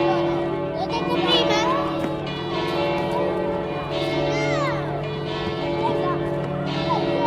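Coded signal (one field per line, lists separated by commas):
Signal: bell signal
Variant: three bells, alla trevigiana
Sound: continuous overlapping church bell peal, with children's voices and chatter mixed in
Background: children talking nearby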